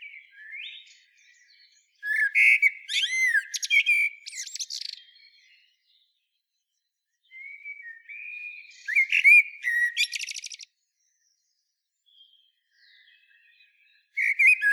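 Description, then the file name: Common blackbird giving two full song phrases several seconds apart, each of fluted warbling and high squeaky twitters, with a third phrase beginning at the end. "Turdus merula"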